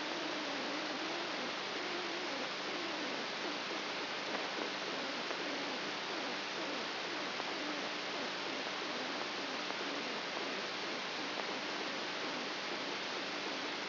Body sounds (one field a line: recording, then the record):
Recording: brain microelectrode recording played as sound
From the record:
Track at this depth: outside the subthalamic nucleus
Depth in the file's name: 7.7 mm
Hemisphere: right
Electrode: 3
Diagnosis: Parkinson's disease